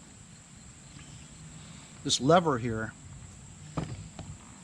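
Someone talks while working the chain brake lever on the handle of an Echo CS-400 40cc commercial 18-inch gas chainsaw with a seized centrifugal clutch and brake. Two brief sharp sounds come at about 3.8 and 4.2 seconds over quiet background noise. The lever will not move back to disengage the engaged brake, and nothing has clicked.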